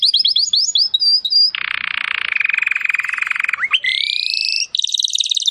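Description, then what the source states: Domestic canary song: quick whistled notes, a long buzzy trill, a sharp upward sweep, then a higher trill ending in a fast rattle. Belgian canary (Campainha), singing.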